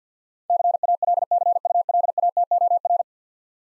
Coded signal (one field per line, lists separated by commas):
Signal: Morse code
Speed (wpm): 48 wpm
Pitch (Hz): 700 Hz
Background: none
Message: CALCULATOR